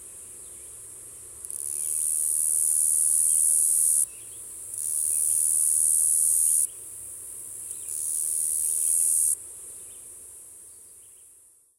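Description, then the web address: Say's cicada song: a continuous high, hissing buzz that swells into three louder stretches of a few seconds each, separated by quieter dips, then fades out. "The Songs of Insects. Say's Cicada"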